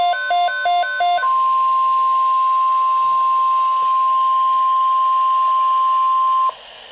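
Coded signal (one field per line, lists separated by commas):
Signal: Emergency Alert System (SAME) tones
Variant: 1050 Hz attention tone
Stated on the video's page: Severe thunderstorm watch SAME alert.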